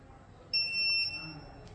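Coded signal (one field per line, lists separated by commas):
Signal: beep code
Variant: home inverter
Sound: a single shrill high-pitched beep of about half a second, trailing off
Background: room hum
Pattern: 1 short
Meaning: The inverter's mains supply has cut off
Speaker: இந்த மாதிரி பீப் சவுண்டு கேட்கும்போது இன்வெர்ட்டருக்கு வரக்கூடிய மெயின் சப்ளை நம்மளுக்கு ஆஃப் ஆகிடுது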